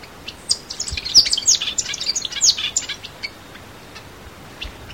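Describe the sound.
Tanager song: a dense run of high, rapid twittering and chipping notes lasting about three seconds, then quieter scattered chips.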